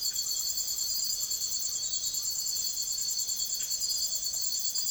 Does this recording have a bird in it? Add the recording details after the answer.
no. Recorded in secondary vegetation near Puerto Asís, Putumayo, Colombia, on 9 March 2025 at 05:30. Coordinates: 0.489, -76.322. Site G042